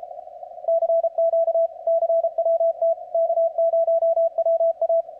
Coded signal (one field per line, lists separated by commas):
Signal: Morse code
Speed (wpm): 31 wpm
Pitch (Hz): 660 Hz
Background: none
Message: CQ CWT K0WA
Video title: CWOPS 4TH OF JULY FUN